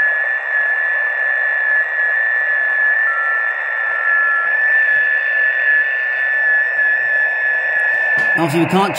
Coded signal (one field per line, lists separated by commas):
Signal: FT8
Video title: YAESU 818, FT8 - ANDROID FT8-CN Free Programme